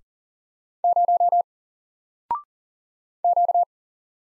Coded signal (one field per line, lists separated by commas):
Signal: Morse code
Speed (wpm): 40 wpm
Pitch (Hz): 700 Hz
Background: none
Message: 0 Q